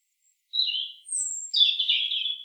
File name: Erithacus rubecula